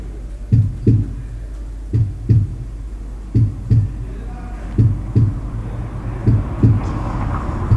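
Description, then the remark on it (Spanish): A slow, steady heartbeat: deep, muffled lub-dub pairs of thumps repeat about every second and a half, five or six beats in all, over a low continuous rumble. “¿En qué inviertes tus latidos?”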